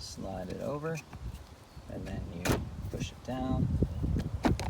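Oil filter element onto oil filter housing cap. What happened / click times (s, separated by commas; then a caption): The filter element is slid on and pressed but has not yet popped home / none. During an oil change on a 2017 BMW X5 xDrive35i, a paper oil filter element is slid over the standpipe of the plastic oil filter housing cap and pushed down while someone talks. Brief handling noises are heard toward the end, but nothing has seated or clicked yet.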